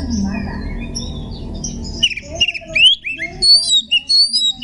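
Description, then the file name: Oriental magpie-robin song of clear whistled slurs and short rising notes, with low humming noise through the first two seconds. Magpie-robin singing in the ngekek style. "kacer tembakan ngekek"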